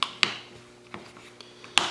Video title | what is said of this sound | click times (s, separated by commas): OnePlus One Battery Replacement How To Change | Should just snap right in. | 0.0 s, 0.2 s, 1.8 s